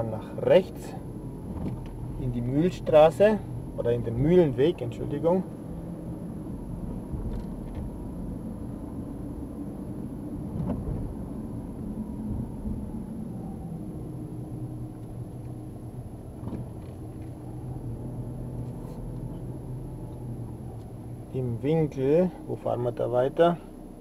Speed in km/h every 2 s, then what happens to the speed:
16, 15, 19, 23, 28, 27, 21, 13, 12, 14, 11, 1.
2-9 speeds up to 28. 9-14 slows to 13. 14-19 steady at about 13. 19-24 slows to 1.